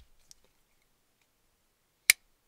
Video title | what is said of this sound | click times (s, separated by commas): OVER 10 GREAT MODERN GENT KNIVES | this thing snaps in place | 2.1 s